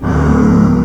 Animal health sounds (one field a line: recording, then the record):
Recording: squeal of a Yucatan mini pig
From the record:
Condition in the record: after surgery on the right vocal fold (resection and tissue-engineered implant)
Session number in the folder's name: 16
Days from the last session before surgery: 183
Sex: female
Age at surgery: 19 weeks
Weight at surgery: 25 kg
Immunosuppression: prednisolone